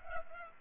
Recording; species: mosquito wingbeat signal from an infrared sensor; Culex pipiens